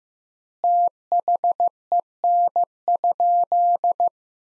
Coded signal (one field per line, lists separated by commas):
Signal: Morse code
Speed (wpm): 15 wpm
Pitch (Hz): 700 Hz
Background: none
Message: THEN?